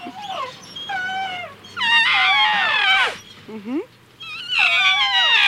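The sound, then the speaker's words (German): A baby elephant trumpets in a series of loud, high, wavering squeals, each call sliding downward in pitch, with short gaps between the cries. “Oh, ja süß, der kleine Elefant, der schreit sicher nach seiner Mutter.”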